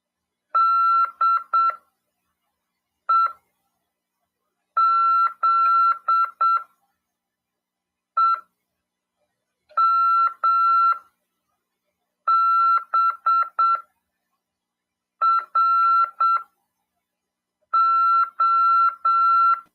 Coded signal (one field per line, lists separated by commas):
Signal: Morse code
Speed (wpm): 7 wpm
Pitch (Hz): 1350 Hz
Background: none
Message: DEZEMBRO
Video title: RADIOAMADOR 2ªEd. 5/12/2022 "AULA 40: CW, LEGIS e C.RODADA" FM 146.410 Mhz. PY2EXU PAULO CRASP/RAF.